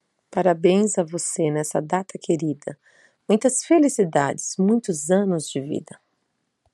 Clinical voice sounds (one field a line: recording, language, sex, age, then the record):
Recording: short text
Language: Brazilian Portuguese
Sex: female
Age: 40 to 49 years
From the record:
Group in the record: control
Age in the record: 40 years